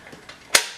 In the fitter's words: locks into place